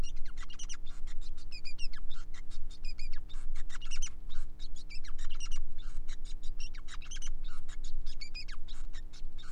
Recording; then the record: song of a male Bengalese finch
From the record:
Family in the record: son of father 5